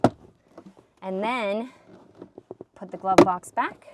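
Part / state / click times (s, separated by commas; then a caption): plastic glove box stop onto its dashboard perch / seated / 0.0 s. After a cabin air filter is replaced, a plastic glove box is lifted back up and its side stops are pushed onto their dashboard perches, seating with one sharp, loud click at 0.0 s. Quieter light knocks follow, and someone talks.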